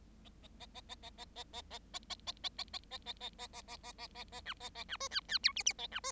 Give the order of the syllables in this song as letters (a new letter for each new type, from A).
A A A A A A A A A A A A A A A A A A A A A A A A A A B A A B C D D E F F A B C